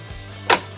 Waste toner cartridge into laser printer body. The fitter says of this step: they'll both click in place